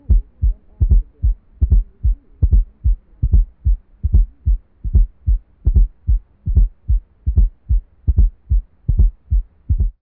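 Paired low-pitched heart sounds from an adult heart heard through a stethoscope, in a steady, regular rhythm at about 75 beats per minute.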